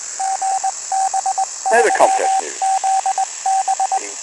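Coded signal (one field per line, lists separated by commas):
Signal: Morse code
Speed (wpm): 20 wpm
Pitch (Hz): 770 Hz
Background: speech, radio noise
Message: GB3ZB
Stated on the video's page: UHF amateur signal via repeater, received near Chepstow UK on an SDRPlay RSP2 with stainless steel discone antenna.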